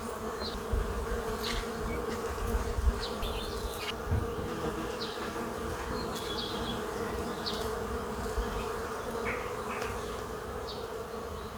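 Bees buzzing in a steady, low droning hum, with a few brief higher sounds above.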